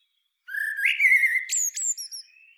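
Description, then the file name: Eurasian blackbird song phrase: a low, mellow fluted whistle rising slightly, then a burst of thin, high squeaky twittering notes trailing off. "Turdus merula"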